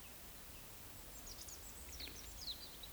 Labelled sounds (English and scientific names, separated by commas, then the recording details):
Eurasian Woodcock (Scolopax rusticola) whistle
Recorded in Baden-Württemberg, Germany, on 20 May 2021 at 19:38 UTC
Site 24606, 635 m above sea level